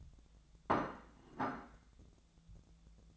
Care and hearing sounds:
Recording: daily activity, microphone in the room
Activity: place plate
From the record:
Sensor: 3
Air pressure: 1000.3 hPa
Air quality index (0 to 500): 140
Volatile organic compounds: 2 ppm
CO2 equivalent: 1240 ppm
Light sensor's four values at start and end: 28/69/30/33 and 26/64/28/31

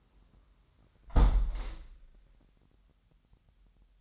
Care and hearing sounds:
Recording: daily activity, microphone in the room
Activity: close window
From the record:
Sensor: 3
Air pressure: 998.6 hPa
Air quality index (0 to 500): 145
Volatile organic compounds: 5 ppm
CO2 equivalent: 1737 ppm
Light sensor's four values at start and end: 9/23/9/10 and 9/22/9/10

